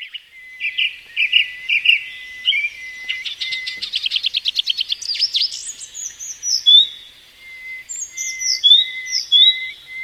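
Bird calling with high, thin whistles and a fast chattering trill, then sweeping downslurred notes and repeated steady whistles, all crisp and high-pitched.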